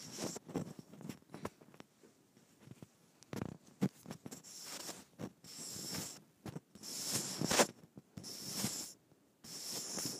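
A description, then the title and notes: A microphone is rubbed against skin, making uneven scratchy, brushing friction noise with dull low thumps. Short strokes cluster early, then longer, hissier sweeps arrive after the fifth second, separated by brief near-silent gaps. ASMR Rubbing Microphone on my Skin.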